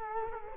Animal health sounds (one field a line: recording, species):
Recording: mosquito wingbeat signal from an infrared sensor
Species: Culex quinquefasciatus